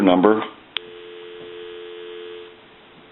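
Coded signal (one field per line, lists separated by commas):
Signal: telephone call progress tone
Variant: North America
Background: speech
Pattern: dial tone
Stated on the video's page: Heard on a Western Electric Touchtone Princess telephone, original, during final checkout after repair and conversion.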